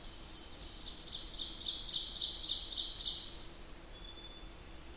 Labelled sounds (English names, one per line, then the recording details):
Ovenbird song
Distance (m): 35 m
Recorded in boreal forest in Alberta, Canada, on 8 June 2016 at 08:03
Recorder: SongMeter 3, array SBT-3-9
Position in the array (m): 53 m, 106 m
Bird 33